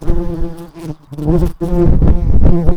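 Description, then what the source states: Early bumblebee buzz, a loud low droning hum that falters briefly twice, then resumes strongly, rising and falling slightly in loudness. Queen.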